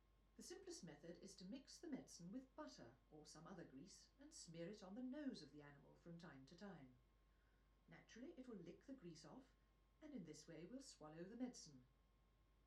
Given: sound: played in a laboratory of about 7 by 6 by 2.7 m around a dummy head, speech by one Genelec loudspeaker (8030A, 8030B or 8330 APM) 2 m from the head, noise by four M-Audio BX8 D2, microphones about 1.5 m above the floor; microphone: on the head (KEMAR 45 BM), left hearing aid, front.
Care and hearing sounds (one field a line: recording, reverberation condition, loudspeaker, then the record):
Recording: female speech in English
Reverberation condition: low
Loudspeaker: 150 degrees to the right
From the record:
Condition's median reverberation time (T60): about 310 ms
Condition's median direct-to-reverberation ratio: about 3.5 dB